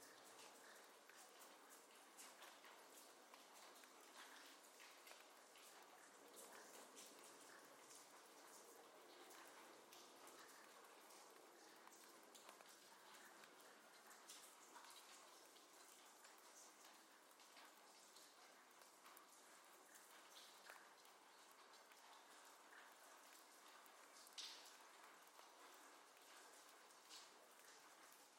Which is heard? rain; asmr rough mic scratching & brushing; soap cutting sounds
rain